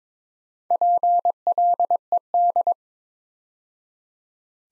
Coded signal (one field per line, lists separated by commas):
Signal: Morse code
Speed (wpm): 22 wpm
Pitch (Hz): 700 Hz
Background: none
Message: PLED